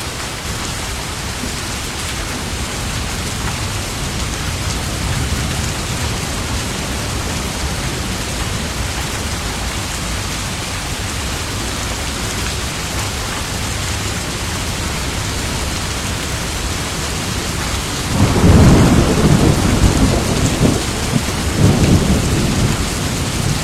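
Steady dense rain hisses throughout, then a deep rumble swells near eighteen seconds and again around twenty-one, like thunder.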